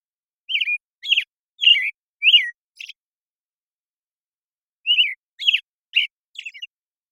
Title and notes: American Robin Morning Song. Recorded in the beautiful Pacific Northwest, Washington, United States